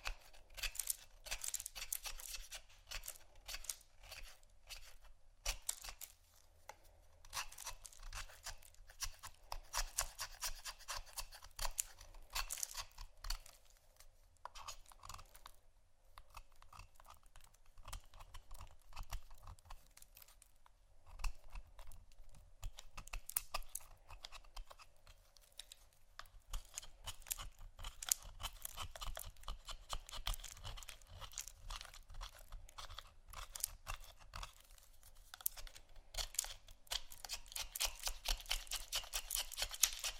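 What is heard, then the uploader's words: Soap and candle carving: quick, dense scraping and crisp clicking strokes, bright and rasping, with brief pauses and busier stretches near the end. ASMR Soap & Candle Carving （No Talking）.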